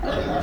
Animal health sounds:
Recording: contact call of a hoofed animal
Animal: wild boar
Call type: grunt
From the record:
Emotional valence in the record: negative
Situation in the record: naturally occurring agonistic interactions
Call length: 0.43 s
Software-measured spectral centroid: 1680 Hz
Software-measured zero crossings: 1500 a second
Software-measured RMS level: -24 dBFS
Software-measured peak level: -13 dBFS

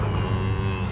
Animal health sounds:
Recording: contact call of a hoofed animal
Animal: cattle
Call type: low-frequency (closed-mouth) or high-frequency (open-mouth) call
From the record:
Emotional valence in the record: negative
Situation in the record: full separation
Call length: 0.91 s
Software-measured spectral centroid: 1810 Hz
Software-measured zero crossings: 1010 a second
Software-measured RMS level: -24 dBFS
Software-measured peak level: -13 dBFS

